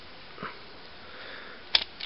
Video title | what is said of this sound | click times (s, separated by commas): Transformers Armada Blurr Review | and they just snap right into place on his sides | 1.8 s